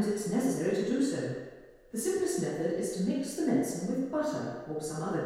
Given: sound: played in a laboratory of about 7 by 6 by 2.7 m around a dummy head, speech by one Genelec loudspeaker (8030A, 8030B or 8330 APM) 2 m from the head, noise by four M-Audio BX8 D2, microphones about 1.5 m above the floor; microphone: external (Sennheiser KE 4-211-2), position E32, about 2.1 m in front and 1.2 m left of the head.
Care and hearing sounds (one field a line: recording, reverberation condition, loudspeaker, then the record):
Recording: female speech in English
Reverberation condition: high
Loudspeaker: 150 degrees to the right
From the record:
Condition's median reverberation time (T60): about 1300 ms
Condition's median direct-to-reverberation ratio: about -4.0 dB